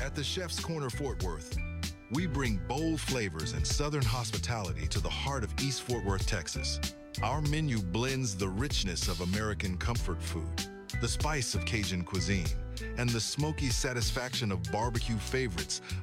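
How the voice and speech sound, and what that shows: An adult man reads advertising copy in a smooth, fluent, low-pitched voice with steady pacing, clear consonants and only brief pauses between phrases. A music bed plays underneath. This is typical speech with no sign of a voice or speech disorder.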